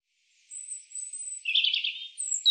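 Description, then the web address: European robin song: a faint thin high whistle first, then a brief tumbling burst of sweet trilled notes and a final high sliding note. "cianscape birddata Deverinetal 2025 Bird Er Ru"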